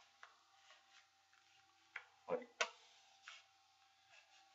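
A Glock 23 handgun is pushed back into a Blackhawk CQC Serpa retention holster worn on a belt, with faint ticks and handling scrapes around it. The loudest, sharpest click, at 2.6 s, is the retention lock engaging, and the pistol is seated and locked in place so it won't come out.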